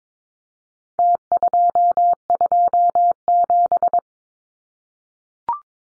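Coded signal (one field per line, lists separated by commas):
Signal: Morse code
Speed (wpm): 22 wpm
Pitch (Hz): 700 Hz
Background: none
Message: T227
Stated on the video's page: Contest-style four-digit serial numbers at 22wpm for head-copy drill, leading zeros sent as cut T.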